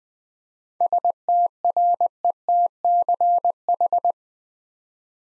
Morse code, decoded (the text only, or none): STRETCH